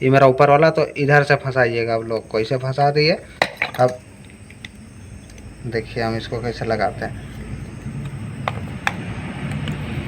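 Someone talks while a lock clip is pressed firmly down onto the housing of a repaired Tata BS6 truck exhaust throttle (ETV) valve, with faint handling taps after the talk stops. Two sharp clicks at 8.5 s and 8.9 s mark the clip snapping home and locking into place.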